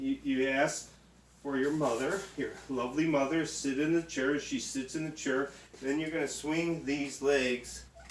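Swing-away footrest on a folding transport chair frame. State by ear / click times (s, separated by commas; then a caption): not seated / none. Someone talks while getting ready to swing the swing-away footrest around on the frame of a red Freedom folding transport chair. Nothing has locked into place yet, and the clip ends just before the footrest seats.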